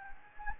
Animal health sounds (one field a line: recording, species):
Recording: mosquito wingbeat signal from an infrared sensor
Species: Anopheles gambiae